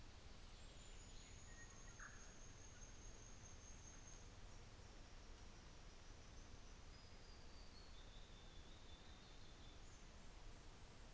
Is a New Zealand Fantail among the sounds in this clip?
no